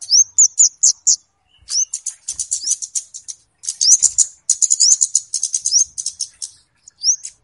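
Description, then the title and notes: Flowerpecker chirping: a few separate high chips, then sustained rapid ticking with several rising upslurred notes. Local names kemade and cabe cabean; clear recording used as a lure for catching birds (pikat). "Kicau Burung Kemade ( Cabe Cabean) Jernih. Suara Burung Cabe Cabean Pikat"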